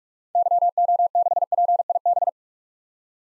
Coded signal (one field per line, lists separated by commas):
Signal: Morse code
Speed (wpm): 42 wpm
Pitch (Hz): 700 Hz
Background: none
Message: YO6PIB